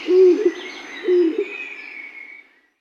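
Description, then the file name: Stock dove cooing: two low, hollow coos about a second apart, with a faint higher sound in the background. "Huldue"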